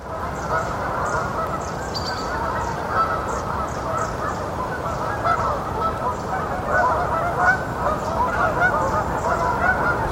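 Canada goose flock calling steadily, many nasal honks overlapping in a continuous clamour.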